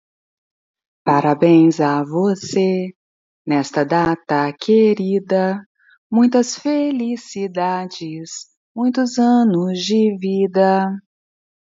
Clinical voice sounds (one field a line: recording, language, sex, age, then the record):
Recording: short text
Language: Brazilian Portuguese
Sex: female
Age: 50 to 59 years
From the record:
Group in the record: control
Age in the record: 52 years